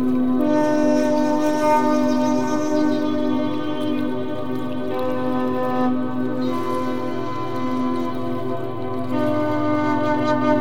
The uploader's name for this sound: Peaceful Music with Nature Sounds: Ocean Wave, Rain, Brook, Waterscapes